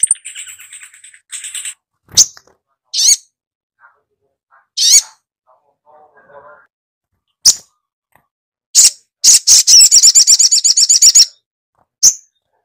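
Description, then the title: Spiderhunter song: high, thin buzzy phrases and isolated sharp chips, then a rapid high trill, with a few faint low notes between. Masteran training recording for songbirds; song style named Labaik. "Masteran Burung Sogok Ontong Labaik"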